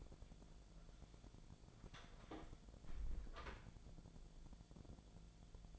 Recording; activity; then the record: daily activity, microphone in the room; close door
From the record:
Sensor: 5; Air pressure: 1000.5 hPa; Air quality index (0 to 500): 154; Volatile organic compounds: 2 ppm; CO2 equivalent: 1190 ppm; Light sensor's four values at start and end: 49/116/48/52 and 49/116/48/52